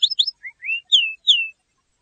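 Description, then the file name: Canary giving a short burst of sharp chirps followed by slurred whistles, the last two descending. "Canary Voice"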